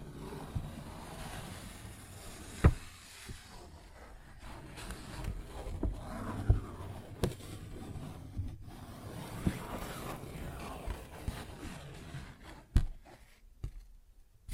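A paper bag is scratched and rustled in a steady crinkling stream, with low rumbling handling noise underneath. Sharp taps stand out near the third second, around six and seven seconds, and again near thirteen, with quieter, sparser scraping between them.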